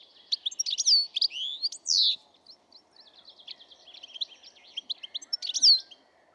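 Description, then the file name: European goldfinch calls: lively twittering and sliding notes, with a softer chattering stretch midway and a low background hum. "Carduelis carduelis"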